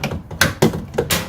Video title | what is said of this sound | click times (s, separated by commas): Struggling to replace the Clothes Washer Springs | the blue part Clicks in place | 0.4 s